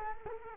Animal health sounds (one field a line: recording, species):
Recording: mosquito wingbeat signal from an infrared sensor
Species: Culex quinquefasciatus